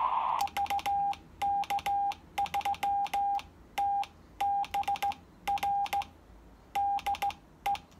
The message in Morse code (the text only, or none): VK3TBR DE